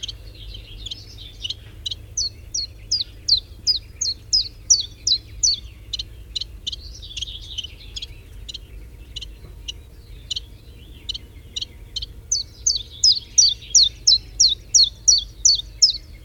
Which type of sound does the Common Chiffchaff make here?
song